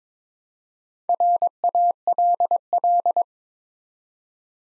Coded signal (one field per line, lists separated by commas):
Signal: Morse code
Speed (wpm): 22 wpm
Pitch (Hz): 700 Hz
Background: none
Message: RALL